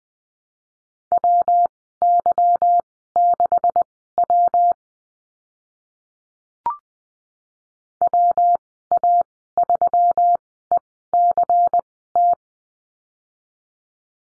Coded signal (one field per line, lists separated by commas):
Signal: Morse code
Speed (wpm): 20 wpm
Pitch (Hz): 700 Hz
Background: none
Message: WY6W WA3ECT